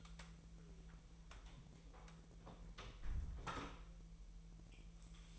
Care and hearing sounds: daily activity, microphone in the room; close door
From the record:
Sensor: 1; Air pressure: 1001.4 hPa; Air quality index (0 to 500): 249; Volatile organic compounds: 132 ppm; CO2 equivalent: 3938 ppm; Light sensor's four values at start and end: 13/30/12/14 and 12/29/12/13

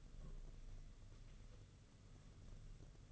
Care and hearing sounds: daily activity, microphone in the room; take from stove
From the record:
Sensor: 4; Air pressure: 995.3 hPa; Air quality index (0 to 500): 216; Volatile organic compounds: 261 ppm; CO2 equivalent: 4388 ppm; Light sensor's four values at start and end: 24/76/28/31 and 24/76/28/31

